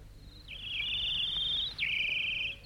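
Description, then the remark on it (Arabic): A bird sings in a garden: two long, high, buzzy trills, each starting with a brief downward slide and holding a steady pitch, with a short gap between them and no voices. “الطيور بتغني والنسيم عليل والغصن بيميل وكل شيء جميل.”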